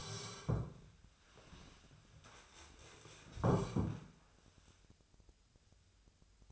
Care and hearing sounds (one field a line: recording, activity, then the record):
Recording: daily activity, microphone in the room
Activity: sit down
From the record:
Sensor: 2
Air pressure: 1015.1 hPa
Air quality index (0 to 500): 167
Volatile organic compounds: 9 ppm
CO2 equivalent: 2174 ppm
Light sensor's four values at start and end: 12/33/13/14 and 12/33/13/14